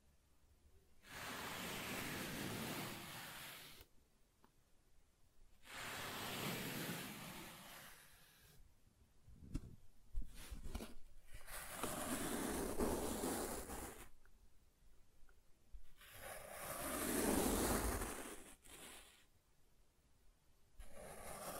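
Soft tracing strokes over smooth and rough surfaces, each a hushed, airy swish lasting a few seconds, separated by brief silences. Strokes arrive about every four to five seconds; some rougher passages carry a faint grainy scratch, and one near the end sounds brighter.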